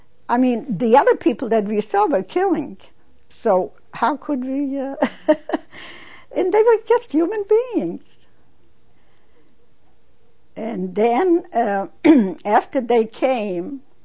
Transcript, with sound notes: I mean, the other people that we saw were killing. So how could we, uh, (She laughs.) and they were just human beings. And then, um, after they came,